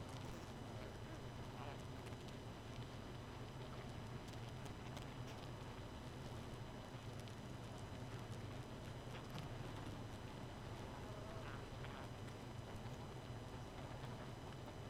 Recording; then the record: honeybee colony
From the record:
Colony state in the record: missing queen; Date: 31 May 2018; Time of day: 2:14